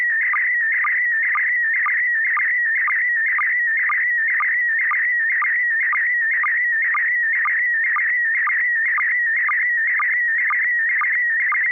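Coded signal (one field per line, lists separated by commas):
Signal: SSTV (slow-scan television)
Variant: PD120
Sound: continuous warbling whistle near 2 kHz with rhythmic short low clicks twice a second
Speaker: Okay, I have a picture. This is going to be PD120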